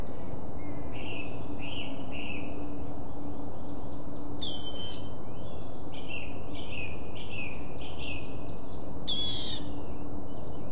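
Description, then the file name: Water rail calls: two harsh, squealing bursts stand out, with runs of short upslurred notes repeated before, between and after them over a steady low rumble. "wasserralle"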